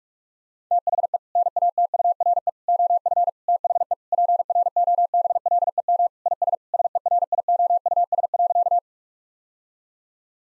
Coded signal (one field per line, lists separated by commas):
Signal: Morse code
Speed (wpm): 46 wpm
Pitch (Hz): 700 Hz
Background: none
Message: THE NATURE OF THE PROBLEM IS SERIOUS.